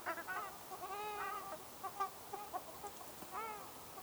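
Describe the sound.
Ruddy shelduck nasal calls, a few bursts of arched honks separated by short gaps, over faint hiss.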